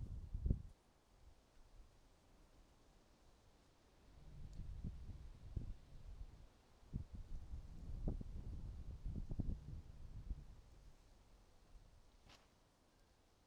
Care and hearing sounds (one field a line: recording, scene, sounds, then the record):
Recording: everyday scene through a hearing-aid microphone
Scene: wind on the microphone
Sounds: wind, traffic, birds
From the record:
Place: suburban garden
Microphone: in the ear canal, right